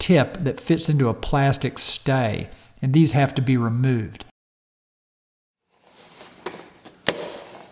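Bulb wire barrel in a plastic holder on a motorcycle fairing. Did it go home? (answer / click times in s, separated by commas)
released / 7.1 s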